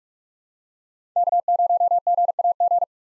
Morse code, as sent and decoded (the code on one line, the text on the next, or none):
-.- ----- --. .- --.
K0GAG